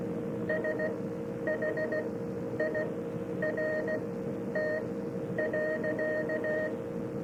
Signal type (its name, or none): Morse code